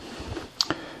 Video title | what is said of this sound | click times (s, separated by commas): VQ SBD Dauntless Build - Part 2 | uh so they uh go up like so lock into place | 0.6 s, 0.7 s